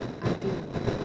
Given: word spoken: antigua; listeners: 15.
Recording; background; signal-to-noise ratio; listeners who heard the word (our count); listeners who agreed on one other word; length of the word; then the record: one Spanish word in noise, from a listening test; noise modulated by three-talker babble; -3.9 dB; 1 of 15; 8 of 15; 0.65 s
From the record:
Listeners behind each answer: 8, 1, 1, 1, 1, 1, 1, 1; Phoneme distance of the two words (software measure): 10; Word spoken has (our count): 3 syllables, 7 phonemes, stress on syllable 2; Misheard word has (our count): 3 syllables, 7 phonemes, stress on syllable 2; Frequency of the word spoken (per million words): 55.10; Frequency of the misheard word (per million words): 65.29